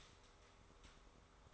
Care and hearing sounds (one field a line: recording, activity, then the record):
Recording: daily activity, microphone in the room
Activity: start toaster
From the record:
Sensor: 3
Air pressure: 1004.1 hPa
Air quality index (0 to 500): 202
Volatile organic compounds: 16 ppm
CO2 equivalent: 2525 ppm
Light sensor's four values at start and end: 4/11/4/4 and 4/11/4/4